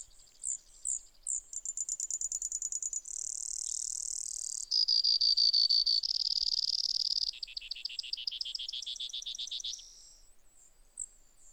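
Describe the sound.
Brewer's sparrow song, a long, high run of changing trills and buzzes, shifting pitch and speed every second or two, fast rattling sections alternating with smoother buzzy stretches.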